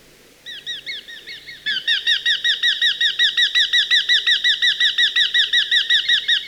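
Eurasian hobby giving a long, steady run of sharp, ringing kew notes, nearly three per second, growing louder after a softer start.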